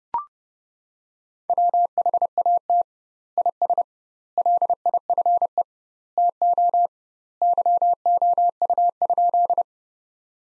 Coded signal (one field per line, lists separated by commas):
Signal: Morse code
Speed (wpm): 32 wpm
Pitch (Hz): 700 Hz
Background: none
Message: WHAT IS LIFE TO YOU?